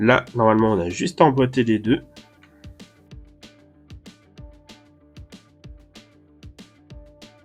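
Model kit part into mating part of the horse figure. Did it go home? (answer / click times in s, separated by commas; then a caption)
no / none. Someone talks over background music while two small parts of a wooden horse figure for a model ship kit are pushed together by hand to press-fit them. After the talking stops around 2 s, only the steady music with soft, regular taps continues. The clip ends before the part goes home, so nothing has seated or clicked yet.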